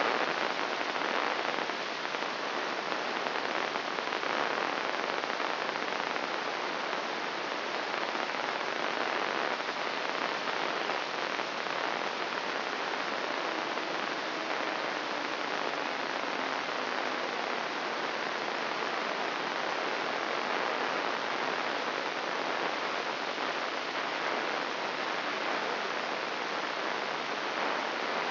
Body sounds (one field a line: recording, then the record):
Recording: brain microelectrode recording played as sound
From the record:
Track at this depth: outside the subthalamic nucleus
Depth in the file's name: -0.084 mm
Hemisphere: left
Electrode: 3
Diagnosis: Parkinson's disease